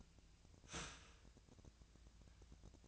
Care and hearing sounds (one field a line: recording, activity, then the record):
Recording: daily activity, microphone in the room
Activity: start toaster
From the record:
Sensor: 2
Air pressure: 1009.2 hPa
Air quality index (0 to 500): 187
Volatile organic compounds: 11 ppm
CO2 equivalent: 2317 ppm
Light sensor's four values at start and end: 23/57/24/26 and 23/57/24/26